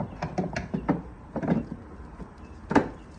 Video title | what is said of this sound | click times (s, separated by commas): Milesight Dome Camera install | it locks in place like that now when it's time for me to aim I'm going to take these | 2.8 s